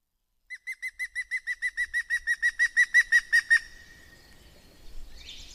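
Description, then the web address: European green woodpecker laughing call: a long series of ringing notes at a steady pace, growing louder then stopping abruptly, followed by soft background rustle and a faint high sound. "agykontroll Madardalok Cd 2. Zöld küllő"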